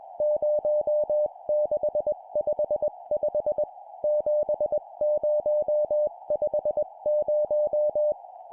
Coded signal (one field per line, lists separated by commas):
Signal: Morse code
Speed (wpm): 21 wpm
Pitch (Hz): 600 Hz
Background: music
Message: 0655 7050